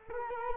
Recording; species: mosquito wingbeat signal from an infrared sensor; Culex quinquefasciatus